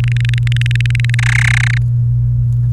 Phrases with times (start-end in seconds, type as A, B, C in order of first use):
0.04-1.15 A, 1.19-1.78 B